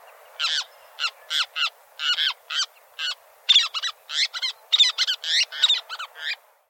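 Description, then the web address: Least tern giving a quick series of many harsh, high notes. "Thumbs Plus Zoo Field Guide Repository"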